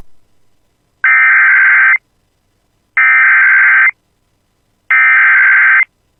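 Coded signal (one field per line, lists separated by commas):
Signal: Emergency Alert System (SAME) tones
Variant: header bursts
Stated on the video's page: Real EAS severe thunderstorm warning for Blackduck and Kelliher.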